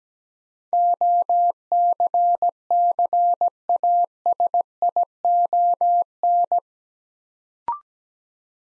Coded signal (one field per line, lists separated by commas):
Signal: Morse code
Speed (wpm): 17 wpm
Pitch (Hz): 700 Hz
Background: none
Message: OCCASION